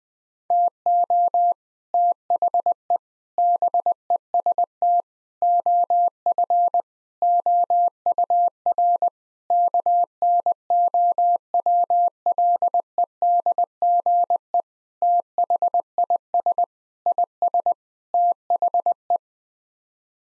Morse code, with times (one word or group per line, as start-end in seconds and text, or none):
0.5-1.5 TO
1.9-3.0 THE
3.4-5.0 BEST
5.4-6.8 OF
7.2-9.1 OUR
9.5-14.6 KNOWLEDGE
15.0-16.6 THIS
17.1-17.7 IS
18.1-19.2 THE